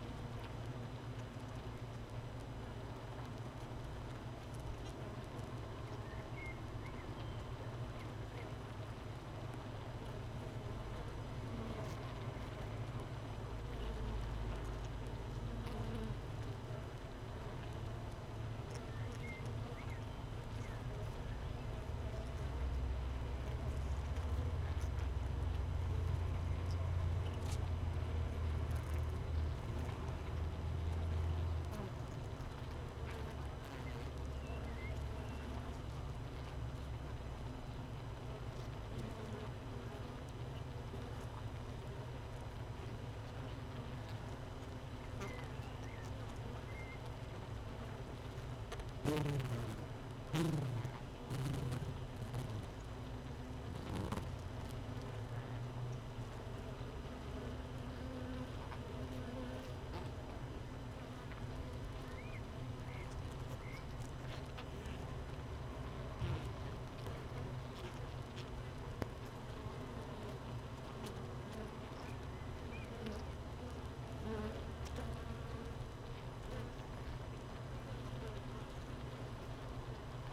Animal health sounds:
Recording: honeybee colony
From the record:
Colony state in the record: missing queen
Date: 31 May 2018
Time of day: 15:07

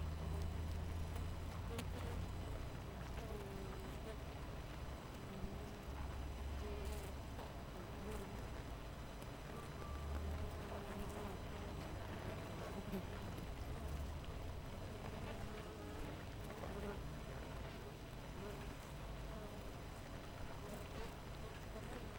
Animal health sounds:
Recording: honeybee colony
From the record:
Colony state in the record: missing queen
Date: 14 July 2017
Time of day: 7:01

